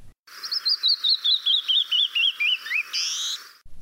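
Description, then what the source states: Canyon wren male song, a cascade of many clear whistled notes, each slurred and falling gradually in pitch, ending in a buzzy harsher note. Male canyon wren; played to compare with the strikingly different female call; male song is the iconic sound of Western canyons.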